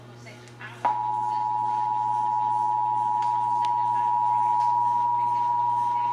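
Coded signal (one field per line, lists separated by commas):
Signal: Emergency Alert System (SAME) tones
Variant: 853 and 960 Hz attention tone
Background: speech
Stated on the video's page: Texas Required Monthly Test EAS tones as aired on several Texas radio and TV stations.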